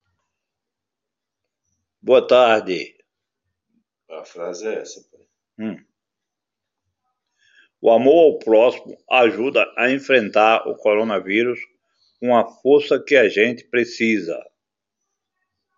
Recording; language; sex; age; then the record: spoken sentence; Brazilian Portuguese; male; 70 to 79 years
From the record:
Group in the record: control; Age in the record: 73 years